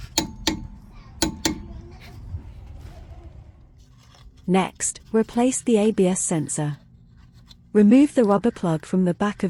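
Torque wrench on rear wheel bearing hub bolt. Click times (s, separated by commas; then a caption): 1.2 s. A 1/2 inch torque wrench tightens a bolt holding the bolt-on rear wheel bearing hub unit to the axle of a first-generation 2006–2013 Citroen C1, Toyota Aygo or Peugeot 107. Sharp metallic clicks ring out near 0.2, 0.5, 1.2 and 1.5 seconds, and the loudest, at 1.2 seconds, is the wrench clicking at its set torque. Someone then talks over quiet background noise.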